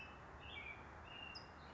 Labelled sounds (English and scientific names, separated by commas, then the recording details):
California Towhee (Melozone crissalis)
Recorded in Sonoma County, California